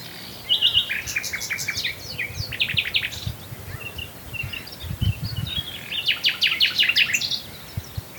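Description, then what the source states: Common nightingale song with fast repeated notes and buzzy bursts, phrases separated by brief gaps; low rumbles beneath. Recorded at Swale.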